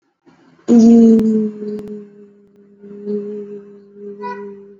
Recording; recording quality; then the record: sustained vowel as in beet; excellent, no background noise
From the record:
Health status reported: exposed to COVID-19, no respiratory illness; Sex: female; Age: 24 years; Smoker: yes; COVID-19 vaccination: both doses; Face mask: worn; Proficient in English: yes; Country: India